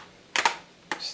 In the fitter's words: together and you'll hear all the snaps just go